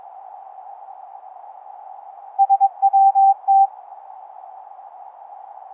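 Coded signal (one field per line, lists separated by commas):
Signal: Morse code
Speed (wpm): 22 wpm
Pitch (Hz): 790 Hz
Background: none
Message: SWT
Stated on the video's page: Live demo of 11 Hz ELF through-the-earth cave radio CW, straight key and keyer, upconverted to audible pitch, sound card SDR, ferrite rod antennas.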